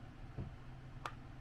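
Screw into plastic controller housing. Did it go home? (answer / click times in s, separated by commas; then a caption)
yes / 1.1 s. A screw is turned into the plastic shell of a SNES controller during reassembly, backed off until its thread drops into the existing groove before tightening. A dull low-pitched bump is heard around 0.4 s, then a short, sharp click at 1.1 s as the thread falls into place, so the screw is seated.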